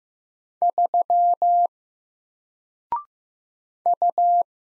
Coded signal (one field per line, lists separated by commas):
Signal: Morse code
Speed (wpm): 15 wpm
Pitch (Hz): 700 Hz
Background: none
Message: 3 U